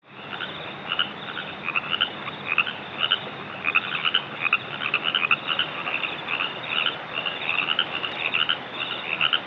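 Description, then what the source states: Baja California chorus frog chorus, overlapping creaky ribbit-like calls repeated rapidly by several frogs, forming a continuous pulsing chorus. Chorus recorded in San Diego.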